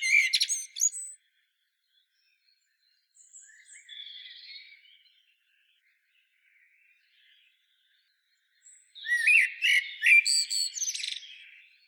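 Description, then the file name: Common blackbird: a brief twittering phrase, then a quieter spell with soft notes, ending with a louder warbled phrase of squeaky high notes. "Turdus merula"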